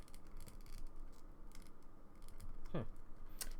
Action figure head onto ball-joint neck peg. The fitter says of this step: don't like the way that that didn't snap on but it